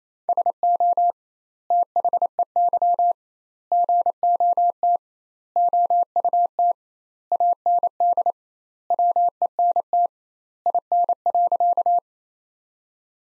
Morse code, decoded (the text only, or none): SO THEY GOT OUT AND WENT IN.